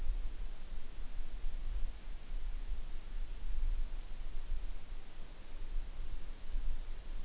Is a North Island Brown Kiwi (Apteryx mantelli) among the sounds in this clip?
no